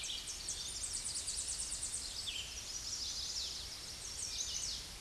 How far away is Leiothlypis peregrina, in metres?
about 35 m